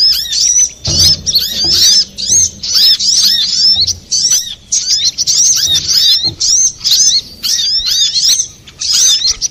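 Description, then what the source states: Little spiderhunter song, high sharp chirps and looping squeaks in quick clusters with short silences between, and a soft low knock near the start. Master recording for training cage birds; Indonesian name sogok ontong, labelled Labaik.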